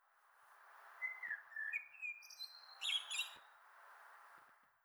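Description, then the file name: Common blackbird song: one short, mellow whistled phrase followed by a burst of high, squeaky twitter over a soft background hiss. "Turdus merula"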